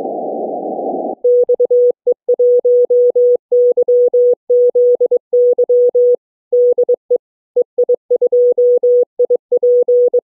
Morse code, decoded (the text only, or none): XE1YZY DE EI2IP